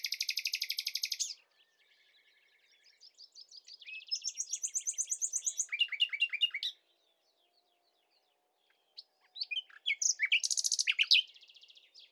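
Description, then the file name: Common nightingale singing: a loud, buzzy trill, a soft run of notes into fast, repeated phrases, silence, then another vigorous rapid burst. "Luscinia megarhynchos"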